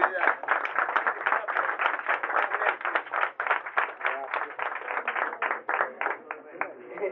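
An audience at the Castisar applauds the Insultisti group steadily for about seven seconds, many hands clapping in a dense, continuous patter that stays fairly even in loudness throughout.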